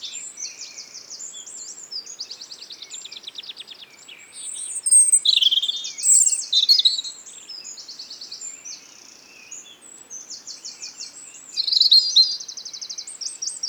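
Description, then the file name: European robin delivering repeated high phrases, each mixing silvery whistles with rapid buzzy trills, the louder bursts coming in pulses with short gaps. "Erithacus rubecula"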